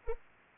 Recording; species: mosquito wingbeat signal from an infrared sensor; Anopheles arabiensis